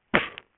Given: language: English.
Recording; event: throat vibration sensor signal played as sound; cough